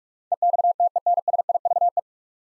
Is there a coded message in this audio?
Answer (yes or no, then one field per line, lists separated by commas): yes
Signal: Morse code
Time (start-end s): 0.3-2.0 s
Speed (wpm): 46 wpm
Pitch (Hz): 700 Hz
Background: none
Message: EXTENSIVE